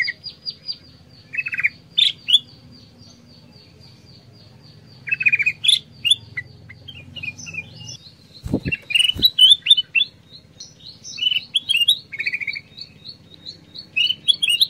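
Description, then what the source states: Black-crested bulbul singing brief liquid phrases between pauses, over a rapid high-pitched ticking run, with two low thumps near the middle. Long masteran combination-sound compilation used for training songbirds.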